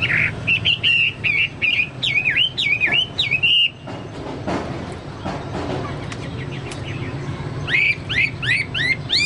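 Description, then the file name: Chinese hwamei song: rich, varied whistled phrases with swooping notes, a quieter middle section, then repeated rising whistles. "hwamei-2-omkicau"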